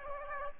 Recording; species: mosquito wingbeat signal from an infrared sensor; Aedes aegypti